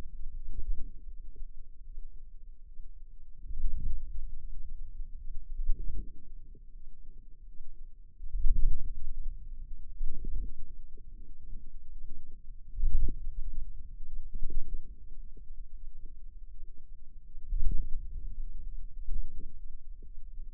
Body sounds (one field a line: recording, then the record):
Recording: forearm muscle sounds (acoustic myography)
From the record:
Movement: ulnar deviation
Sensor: system 2, bracelet of six BSWA MPA416 microphones around the upper forearm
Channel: 5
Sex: female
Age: 23 years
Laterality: right